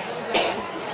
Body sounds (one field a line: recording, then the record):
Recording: coughing mixed with background sound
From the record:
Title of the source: 61 morning phlegmy cough...again